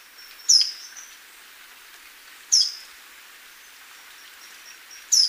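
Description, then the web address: Handsome flycatcher call: a sharp, very high downslurred chip repeated roughly every two seconds, with faint high notes between, over soft hiss. Ecuador, South America. "Birds of Ecuador Handsome Flycatcher"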